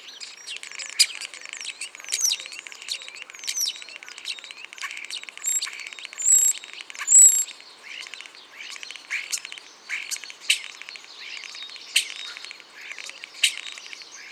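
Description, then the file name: Common starling song, a long continuous chatter of scratchy clicks, rattles and thin whistles, with two clear pure whistled notes midway. "Spreeuw"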